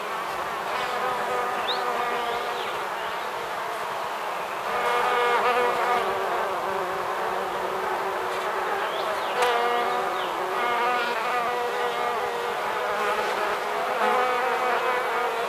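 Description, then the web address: Bees buzzing in a continuous droning hum with wavering tones, growing slightly louder partway through. "صدا حیوانات Animals Bees"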